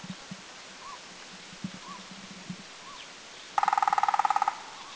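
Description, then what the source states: Crimson-breasted woodpecker drumming: one rapid, even burst of about sixteen ringing strikes lasting under a second, after scattered soft knocks and faint short whistled notes. Drumming recorded at Doi Lang, northern Thailand.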